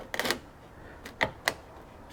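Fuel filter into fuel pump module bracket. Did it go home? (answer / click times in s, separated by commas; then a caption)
yes / 1.5 s. A new fuel filter for a Chevy Colorado crew cab is slid into the fuel pump module assembly and pushed until it clicks into its plastic bracket. A quick cluster of sharp plastic clicks comes from about 0.1 to 0.3 s, then lighter knocks near 1.1 and 1.2 s. A crisp click at 1.5 s marks the filter seating in the bracket.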